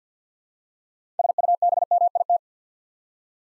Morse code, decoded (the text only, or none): SUBMIT